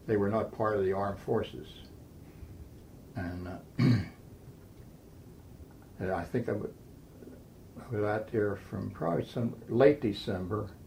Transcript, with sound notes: They were not part of the armed forces. And -- (clears throat) and I think I w-- they were out there from probably some late December